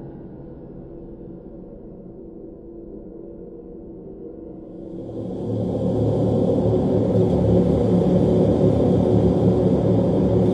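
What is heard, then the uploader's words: An alien spaceship atmosphere: a low, steady hum with layered drone tones fills the first half. Around five seconds it swells louder and brighter, adding a thin high whine and hiss that then hold steady, like a ringing gong-like drone, to the end. Alien Spaceship Atmosphere.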